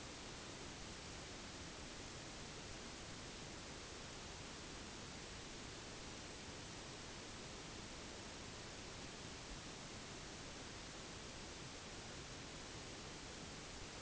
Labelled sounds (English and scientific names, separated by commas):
none